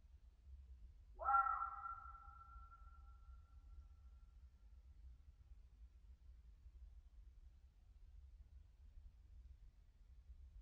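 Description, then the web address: Red fox letting out one harsh, abrupt scream that settles into a steady tone and rings on, trailing off over several seconds before silence. Winter, European mountain forest, scream with natural echo. "Ivo Vicic - European mountain forest animals and soundscapes Red fox winter scream naural echo"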